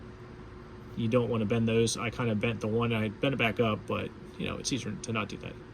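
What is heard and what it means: A dashboard clock LCD display board from a 1998–2002 Subaru Forester is handled before being pushed back into its plastic clock housing, with its pins to go through. Someone talks throughout over a low steady hum. Nothing has seated or clicked yet.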